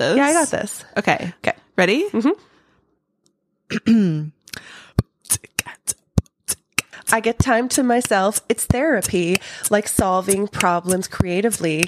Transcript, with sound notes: I got this.
Okay.
Okay.
Ready? [beatboxes]
“I get time to myself. It’s therapy. Like solving problems creatively.